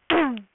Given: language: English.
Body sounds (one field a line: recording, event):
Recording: throat vibration sensor signal played as sound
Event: throat clearing